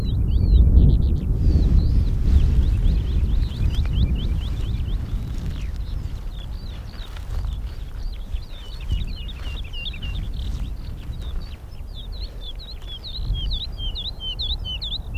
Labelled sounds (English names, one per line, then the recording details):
Wood Lark
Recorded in the wild
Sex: male
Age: adult
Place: Schönow, Naturpark Barnim, Brandenburg, DE
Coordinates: 52.6847, 13.5225
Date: 2005-03-21 10:07
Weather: fair, 2 - 3°C, slightly windy
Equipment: Tascam DA-P1, Sennheiser MKH 70, Windschutz
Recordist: Frommolt, Karl-Heinz